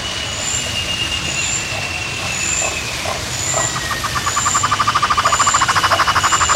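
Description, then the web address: Bird calling with short high notes repeated about once a second over a long thin whistle, then a fast pulsed rattle in the final seconds, with steady background hiss. "BIRD 2015 SABIOD"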